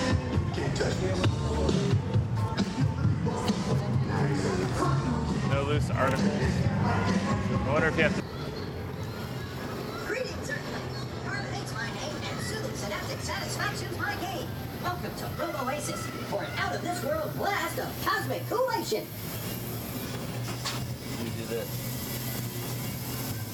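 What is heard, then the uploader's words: A walk through the Universal Studios Florida theme park, with many overlapping voices chattering throughout. A low, steady rumble like a passing vehicle dominates the first eight seconds, then drops away, leaving quieter crowd talk with scattered clatters and a faint high whine. A Day at Universal Studios Florida. Listen as you hear us walk the park as we journey from attraction to attraction. Audio from the Universal Studios Florida theme park.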